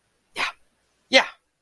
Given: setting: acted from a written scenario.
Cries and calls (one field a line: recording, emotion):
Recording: vocal sound without words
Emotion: positive surprise